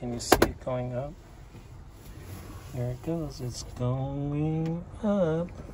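A folding tabletop inside an overland camper is raised by hand toward its locked position while someone talks, with two short sharp knocks near 0.3 and 0.4 seconds. The clip ends before the table's support mechanism locks: nothing has seated or clicked into place yet.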